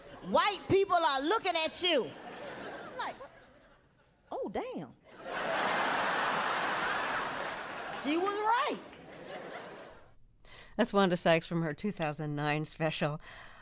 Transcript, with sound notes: White people are looking at you. I'm like, oh, damn.
(LAUGHTER)
She was right.
That's Wanda Sykes from her 2009 special.